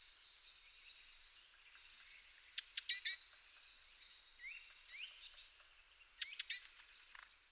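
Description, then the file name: Great tit gives two clear bursts of sharp high notes and buzzy churring about four seconds apart, with quieter twitters and thin rising notes around them. "Parus major"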